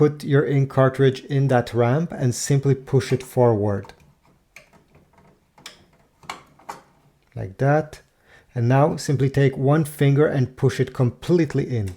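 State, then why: Not seated. A plastic ink cartridge is set on the guide ramp and pushed forward into the cartridge slot of a Canon MAXIFY MB2720 inkjet printer, ready to be pressed fully in. Someone talks, and between about 4.6 and 6.7 seconds small ticks come from the cartridge sliding along the ramp. Nothing has seated or clicked yet.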